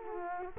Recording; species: mosquito wingbeat signal from an infrared sensor; Culex quinquefasciatus